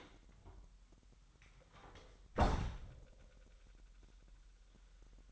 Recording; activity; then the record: daily activity, microphone in the room; close door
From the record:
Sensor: 3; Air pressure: 998.4 hPa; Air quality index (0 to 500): 137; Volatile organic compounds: 4 ppm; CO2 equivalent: 1639 ppm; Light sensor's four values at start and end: 16/43/17/17 and 16/43/17/17